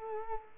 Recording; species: mosquito wingbeat signal from an infrared sensor; Culex quinquefasciatus